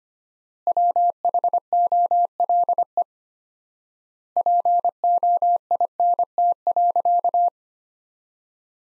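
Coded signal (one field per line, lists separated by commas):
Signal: Morse code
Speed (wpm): 25 wpm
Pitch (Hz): 700 Hz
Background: none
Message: WHOLE POINT.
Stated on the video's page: Morse practice at 25 wpm, sentences from top 400 words sent with 4x standard word spacing, Farnsworth-like method.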